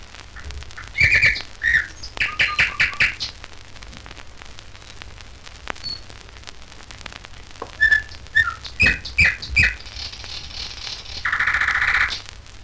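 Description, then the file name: Nightingale song: bursts of chattering and rattling notes, a long pause, then sharp repeated notes and a harsh buzzy trill at the end. "Solovei s natury"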